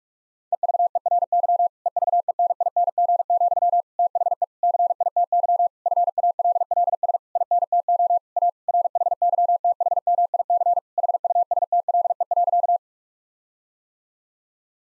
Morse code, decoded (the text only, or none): EVERY EVENING, THE CITY FALLS INTO A RHYTHMIC HUSTLE.